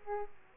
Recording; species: mosquito wingbeat signal from an infrared sensor; Aedes aegypti